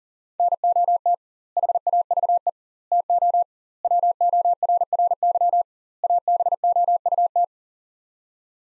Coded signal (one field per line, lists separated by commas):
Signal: Morse code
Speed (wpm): 40 wpm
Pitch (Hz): 700 Hz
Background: none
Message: NOT HAVE TO WORRY ABOUT